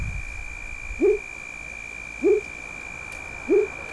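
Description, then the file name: Frog calling: a short low upswept note repeated three times, about every 1.3 seconds, over a steady high tone and background hiss. "Sapo Frog"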